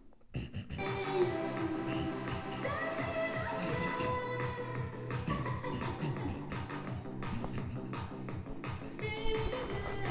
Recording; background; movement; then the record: throat clearing; music; sitting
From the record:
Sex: male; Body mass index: 23.7 kg/m2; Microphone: on the chest, facing outward